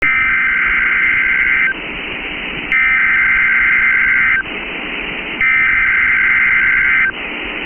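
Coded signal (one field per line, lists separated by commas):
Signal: Emergency Alert System (SAME) tones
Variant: header bursts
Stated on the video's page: Real, valid EAS tones for a Special Marine Warning.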